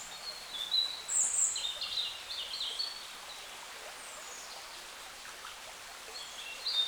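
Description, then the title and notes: Birds singing high, tinkling notes packed into the first three seconds, then quieter scattered chirps and a final bright note, with steady outdoor hiss. Wild birds in forest along a small branch of the Dordogne at the exit of Carennac, France; recorded with a Zoom H5 and XYH-5 microphone. "Carennac - Oiseaux de la Dordogne. Oiseaux Loire forêt Carennac. A la sortie de Carennac, le long d'un petit bras de la Dordogne, les oiseaux dans la forêt"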